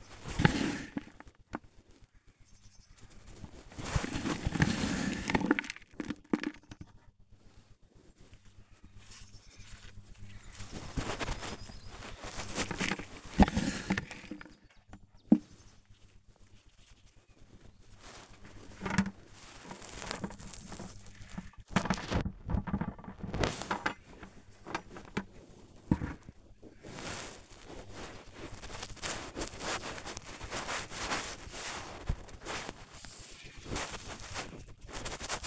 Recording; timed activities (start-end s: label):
household activities, microphone on the right wrist
0.00-35.47 s: working in the garden